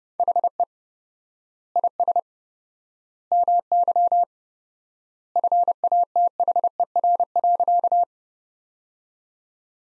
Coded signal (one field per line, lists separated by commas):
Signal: Morse code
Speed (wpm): 30 wpm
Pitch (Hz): 700 Hz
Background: none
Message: HE IS MY FATHER.